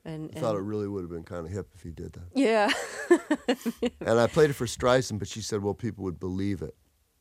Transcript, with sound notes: I thought it really would have been kind of hip if he did that.
Yeah.
(LAUGHTER)
And I played it for Streisand, but she said, well, people would believe it,